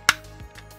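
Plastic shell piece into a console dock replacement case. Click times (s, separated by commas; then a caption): 0.1 s. A plastic dock shell piece from an eXtremeRate AiryDocky DIY Kit replacement shell case for the Nintendo Switch and Switch OLED dock is pressed in and snaps into place with a sharp, bright click at 0.1 s. Two much fainter ticks follow near 0.4 s and 0.8 s over a low steady hum. The piece is seated with another snap.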